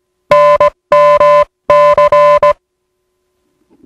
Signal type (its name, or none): Morse code